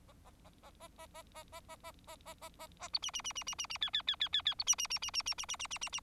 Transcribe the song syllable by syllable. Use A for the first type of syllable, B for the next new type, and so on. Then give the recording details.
A A A A A A A A A A A A A A A A B C C C C C C C D D D D D D B C C C C C C C C C C C C. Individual Bird4